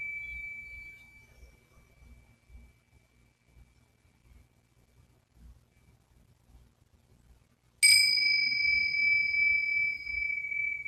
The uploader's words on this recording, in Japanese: 夜のメキシコからサウンドヒーリングライブ。チベタンシンギングボウル。